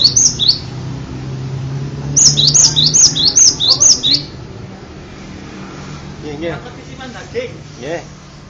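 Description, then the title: Bird singing high, thin whistled notes that slur downward, a brief pair then a fast series of several, followed by softer lower chirps over a steady low hum. "kikicau"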